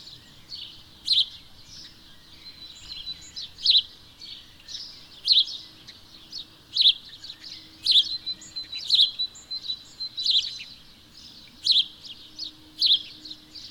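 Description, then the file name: House sparrow calling in a long series of bright chirps, several loud ones mixed with quieter notes in a steady run. "Passer domesticus"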